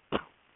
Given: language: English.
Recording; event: throat vibration sensor signal played as sound; cough